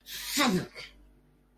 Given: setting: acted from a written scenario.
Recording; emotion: vocal sound without words; negative surprise